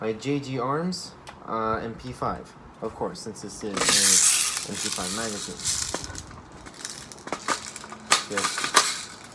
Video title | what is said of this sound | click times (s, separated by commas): G&G Armament Airsoft MP5 Drum Mag review | clicks right in | 8.8 s